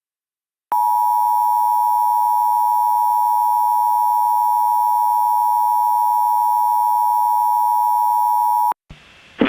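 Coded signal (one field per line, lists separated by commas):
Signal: Emergency Alert System (SAME) tones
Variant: 853 and 960 Hz attention tone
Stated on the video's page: Reenactment mock of a tornado warning using valid EAS tones; a recreation, not a live alert.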